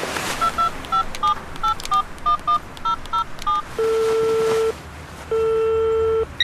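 About eleven quick, evenly paced keypad beeps as a woman dials a phone number on her mobile phone while walking to her car, followed by two long, steady ringing tones as the call connects. No voices.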